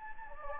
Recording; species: mosquito wingbeat signal from an infrared sensor; Anopheles gambiae